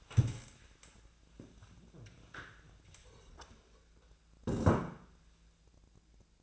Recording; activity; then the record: daily activity, microphone in the room; stand up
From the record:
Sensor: 2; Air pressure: 1000.2 hPa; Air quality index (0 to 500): 158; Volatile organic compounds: 3 ppm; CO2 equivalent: 1326 ppm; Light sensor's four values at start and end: 8/19/8/9 and 8/17/8/9